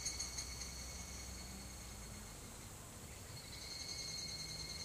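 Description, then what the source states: Evening cicada song, a high tonal rattle pulsing rapidly at the start, then holding as a steady ringing drone over low rumbling background noise. Song referred to as kanakana.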